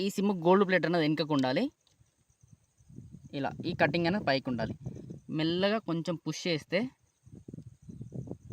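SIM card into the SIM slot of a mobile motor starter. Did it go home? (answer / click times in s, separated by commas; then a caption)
yes / 8.3 s. A plastic SIM card, gold contacts facing back and cut corner up, is gently pushed into the spring-loaded push-push SIM slot of a mobile-controlled motor starter. Someone talks for most of the clip, then small scraping ticks follow as the card goes in. It clicks and holds in the slot at 8.3 s, seated.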